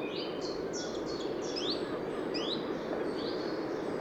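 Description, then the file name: Eurasian wren giving sharp high notes, some flat and some swept upward, in a quick uneven series over continuous low rumbling noise. "Troglodytes troglodytes"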